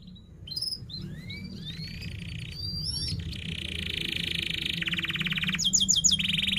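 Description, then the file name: Canary song starting with thin rising whistles, then buzzy sustained rolls and fast trills, with a low background hum throughout. Singing canary in full song, described as chirping and rolling sharply. "Suara Kenari Gacor Cuit Cuit Ngerol Tajam"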